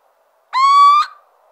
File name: Cheveche-d Athena